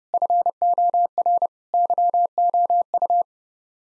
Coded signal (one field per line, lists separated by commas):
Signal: Morse code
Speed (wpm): 30 wpm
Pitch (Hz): 700 Hz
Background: none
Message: FOR YOU